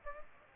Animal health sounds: mosquito wingbeat signal from an infrared sensor; Aedes aegypti

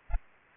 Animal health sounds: mosquito wingbeat signal from an infrared sensor; Aedes albopictus

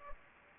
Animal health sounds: mosquito wingbeat signal from an infrared sensor; Aedes aegypti

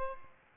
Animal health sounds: mosquito wingbeat signal from an infrared sensor; Aedes albopictus

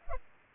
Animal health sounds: mosquito wingbeat signal from an infrared sensor; Culex pipiens

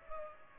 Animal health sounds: mosquito wingbeat signal from an infrared sensor; Culex pipiens

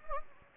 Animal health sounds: mosquito wingbeat signal from an infrared sensor; Anopheles gambiae

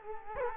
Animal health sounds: mosquito wingbeat signal from an infrared sensor; Culex quinquefasciatus

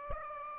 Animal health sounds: mosquito wingbeat signal from an infrared sensor; Aedes aegypti

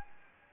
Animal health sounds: mosquito wingbeat signal from an infrared sensor; Anopheles gambiae

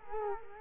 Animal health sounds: mosquito wingbeat signal from an infrared sensor; Culex quinquefasciatus

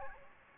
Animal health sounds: mosquito wingbeat signal from an infrared sensor; Aedes aegypti

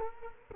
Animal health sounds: mosquito wingbeat signal from an infrared sensor; Culex quinquefasciatus

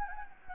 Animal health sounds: mosquito wingbeat signal from an infrared sensor; Anopheles gambiae

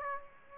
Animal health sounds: mosquito wingbeat signal from an infrared sensor; Aedes aegypti

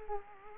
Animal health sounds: mosquito wingbeat signal from an infrared sensor; Culex quinquefasciatus

